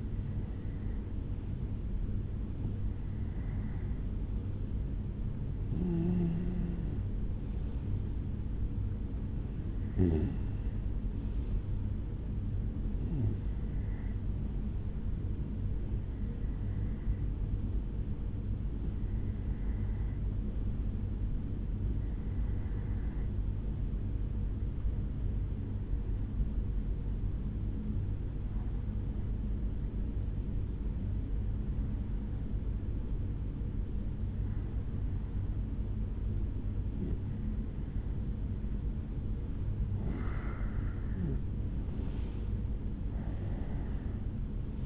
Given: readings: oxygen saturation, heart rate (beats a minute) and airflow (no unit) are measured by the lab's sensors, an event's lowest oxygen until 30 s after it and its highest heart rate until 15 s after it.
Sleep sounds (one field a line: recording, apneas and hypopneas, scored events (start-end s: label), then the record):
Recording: breathing in sleep by a smartphone at the bedside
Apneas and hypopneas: 1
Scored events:
21.00-40.90 s: hypopnea (N1, oxygen 94% highest, then 91% lowest, heart rate 74 at the start, 77 highest)
From the record:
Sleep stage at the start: N1 (lightest sleep)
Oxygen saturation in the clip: 92 to 95%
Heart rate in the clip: 66 to 76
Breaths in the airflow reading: 15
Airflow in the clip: -7.6 to 9.2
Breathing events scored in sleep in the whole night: 449 in 7.0 hours asleep